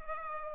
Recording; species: mosquito wingbeat signal from an infrared sensor; Culex pipiens